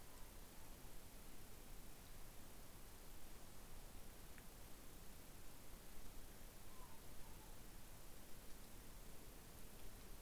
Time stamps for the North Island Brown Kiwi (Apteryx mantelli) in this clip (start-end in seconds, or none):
none